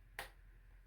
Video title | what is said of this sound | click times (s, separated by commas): How To Hide Unsightly Hanging Cords Under $6 #Amazonfind | I hear it snapping. Boom. | 0.2 s